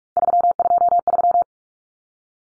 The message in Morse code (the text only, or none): 323